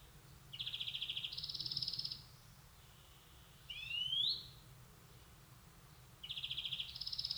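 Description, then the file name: European greenfinch calls: a buzzy trilled note stepping up in pitch, a clear rising upslurred whistle, then another stepped buzzy trill, with low background hum. "Chloris chloris"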